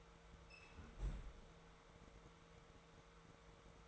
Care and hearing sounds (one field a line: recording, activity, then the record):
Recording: daily activity, microphone in the room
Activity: close fridge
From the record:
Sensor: 3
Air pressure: 1014.8 hPa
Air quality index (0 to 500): 195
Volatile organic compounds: 25 ppm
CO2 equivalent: 2842 ppm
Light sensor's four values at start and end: 12/30/12/13 and 12/30/12/12